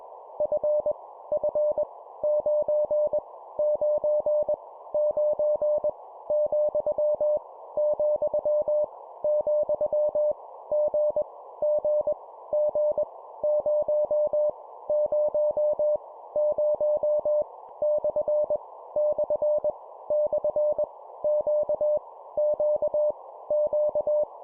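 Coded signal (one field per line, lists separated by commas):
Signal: Morse code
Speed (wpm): 21 wpm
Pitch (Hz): 600 Hz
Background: none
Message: F F 9 9 9 , , , G G G 0 0 0 / / / Q Q Q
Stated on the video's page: Morse practice at 20 wpm: random letters, numbers and punctuation, each repeated three times.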